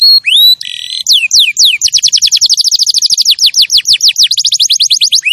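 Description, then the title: Canary song opening with a bright whistled note and buzzy phrase, then a long run of rapid, repeated downward-sweeping chirps. Champion canary song used as a master recording for training other birds. "Masteran Kenari Juara"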